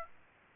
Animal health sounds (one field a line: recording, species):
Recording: mosquito wingbeat signal from an infrared sensor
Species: Aedes aegypti